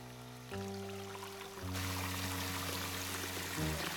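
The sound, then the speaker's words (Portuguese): Water pours steadily into a filling bubble bath, a continuous rushing splash with a resonant hum that shifts pitch in a few steps as the level rises. No one speaks. “Agora, é só dar um tempinho para as bolhas fazerem a mágica cheirosa.”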